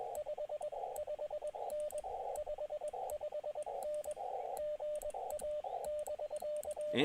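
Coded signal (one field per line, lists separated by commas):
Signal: Morse code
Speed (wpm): 21 wpm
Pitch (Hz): 600 Hz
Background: radio noise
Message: 55N 55N GA <BK>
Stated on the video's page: Live QRP POTA CW activation, Elecraft KX2 at 5 watts into an EFHW antenna, battery powered, calling CQ mainly on 20 metres.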